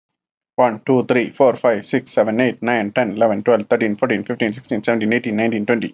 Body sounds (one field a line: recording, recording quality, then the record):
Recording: counting at a fast pace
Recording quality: excellent, no background noise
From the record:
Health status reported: healthy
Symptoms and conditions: none ticked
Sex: male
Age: 38 years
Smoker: not ticked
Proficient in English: yes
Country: India